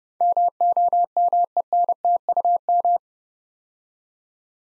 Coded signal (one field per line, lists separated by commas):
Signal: Morse code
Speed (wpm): 30 wpm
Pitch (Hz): 700 Hz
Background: none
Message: MOMENTUM